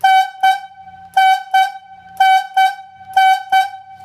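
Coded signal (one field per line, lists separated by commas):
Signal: whistle signal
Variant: yarder logging whistle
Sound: horn-like whistle blasts, long then short, repeated four times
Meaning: Fire on the logging site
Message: 1 long, 1 short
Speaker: for a fire, it's going to sound like this. Long and a short repeated.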